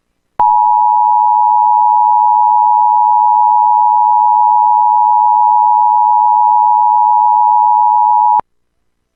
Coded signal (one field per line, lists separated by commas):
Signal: Emergency Alert System (SAME) tones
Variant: 853 and 960 Hz attention tone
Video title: Required Monthly EAS Test - Feb. 5, 2021 (KPXG)